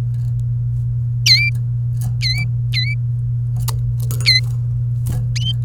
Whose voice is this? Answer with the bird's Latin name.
Serinus canaria